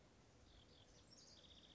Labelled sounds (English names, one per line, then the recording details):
House Wren
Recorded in Sonoma County, California